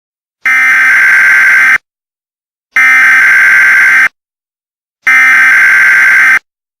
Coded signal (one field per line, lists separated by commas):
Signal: Emergency Alert System (SAME) tones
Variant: header bursts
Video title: EAS with my own voice